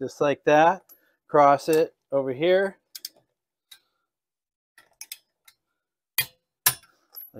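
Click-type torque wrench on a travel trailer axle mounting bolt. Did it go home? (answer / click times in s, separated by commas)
yes / 6.2 s, 6.7 s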